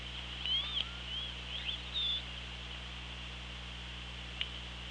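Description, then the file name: Orca calls: a quick series of short, squeaky tonal calls, some rising and some wavering, in the first two seconds, then a single click, over constant underwater hiss. Recorded on an OrcaLab hydrophone, 24 August 2017, about 17:19. "Orca Lab UTLN JASON 20170824 171857"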